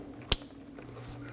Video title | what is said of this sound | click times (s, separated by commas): How to Replace Headlights 2015-2023 Nissan Maxima | Press down until you hear the click, | 0.3 s